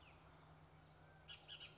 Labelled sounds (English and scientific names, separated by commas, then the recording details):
Bullock's Oriole (Icterus bullockii)
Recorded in Sonoma County, California